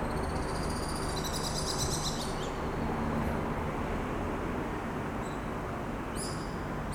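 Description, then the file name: Swift screams, high and buzzy, in a rapid run during the first two and a half seconds, then a short burst near the end, against a constant low hum. Swift calls soundscape, August 2019. "2019 08 swift calls soundscape"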